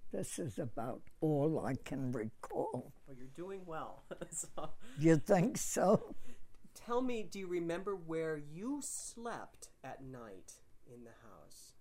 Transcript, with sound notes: This is about all I can recall.
Well, you're doing well. ( he laughs )
You think so?
Tell me, do you remember where you slept at night in the house?